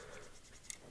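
The scissor arm of a metal multi-tool is opened until its steel liner lock snaps in behind it, so the arm is held stiff and the scissors can work. Soft, scratchy handling sounds lead up to a single sharp, bright click at 0.7 s as the liner lock engages and seats.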